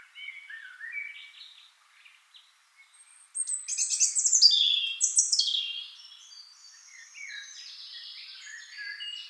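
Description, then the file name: European robin song: soft scattered notes, then from about three seconds a loud tumbling phrase of very high sweeping and trilled notes, ending in quieter twitters. "Erithacus rubecula"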